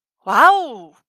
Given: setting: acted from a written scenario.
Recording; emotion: vocal sound without words; positive surprise